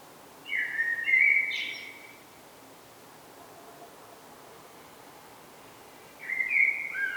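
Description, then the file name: Common blackbird song: a fluted phrase with a high squeak near its end, then a long pause before another rich whistled phrase begins. "Turdus merula"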